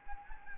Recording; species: mosquito wingbeat signal from an infrared sensor; Anopheles gambiae